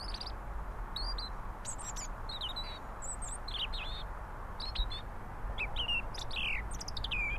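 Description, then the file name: European robin singing thin, high, varied phrases with rising and falling twittered notes, over a steady low rumble. "Erithacus rubecula"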